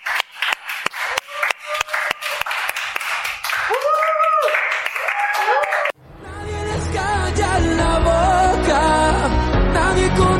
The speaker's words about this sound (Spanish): Un aplauso para los radioyentes.